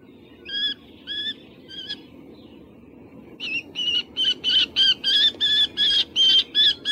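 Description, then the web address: Common kestrel giving sharp, shrill kee notes: three spaced calls, a pause, then a longer, faster run of ringing notes, with a low rumbling background. Recorded in Uzbekistan. "Uzbek hayvonlar. Falco tinnunculus"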